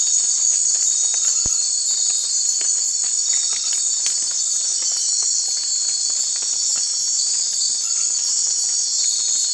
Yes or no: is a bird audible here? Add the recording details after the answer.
no. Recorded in secondary vegetation near Puerto Asís, Putumayo, Colombia, on 12 March 2025 at 00:30. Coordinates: 0.499, -76.323. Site G094